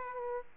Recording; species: mosquito wingbeat signal from an infrared sensor; Aedes aegypti